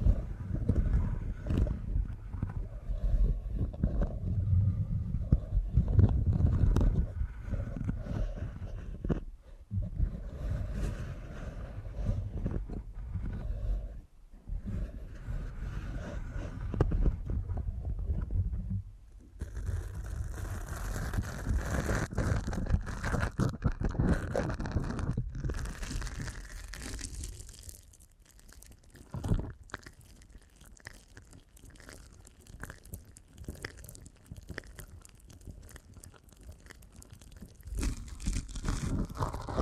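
Deep ear canal massage with dense, muffled rubbing and low rumbling for the first twenty seconds, broken by brief pauses near ten and fourteen seconds. After that the rubbing turns brighter and crackly, quietens around thirty seconds, then swells again toward the end.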